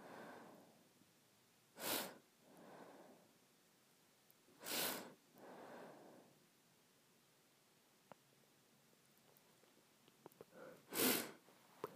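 Sharp, hissy sniffs come at about 2, 5 and 11 seconds, each followed by a softer, longer breath out. The pattern repeats unevenly with quiet gaps between, and a few small clicks and taps land near the end.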